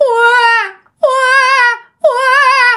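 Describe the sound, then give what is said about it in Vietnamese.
A newborn baby cries in three sustained, wavering wails, each lasting nearly a second and separated by short breaths, in wide upland fields under light drizzle on a gloomy day. The cries are loud and high-pitched with a trembling, slightly falling tone. “Thì bà ngoại của bạn đi về nha, khi mà đang đi tự nhiên bà ngoại mới nghe tiếng khóc, mà tiếng khóc này là tiếng khóc của trẻ sơ sinh đó các bạn.”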